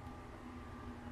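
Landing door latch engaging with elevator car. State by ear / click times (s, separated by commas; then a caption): not seated / none. A home hydraulic elevator car lines up with the third-floor landing door, where the door latch or interlock is to engage. A steady low mechanical hum with faint tonal bands continues throughout, with no sudden sounds. The latch has not clicked or seated yet.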